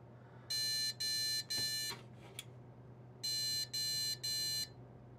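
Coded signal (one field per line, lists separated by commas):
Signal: beep code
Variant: PC motherboard POST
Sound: three short electronic beeps, a pause with clicks, then three more short beeps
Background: low hum, room noise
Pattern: 3 short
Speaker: it's just three three short beeps. So, is that why we're thinking it's CPU?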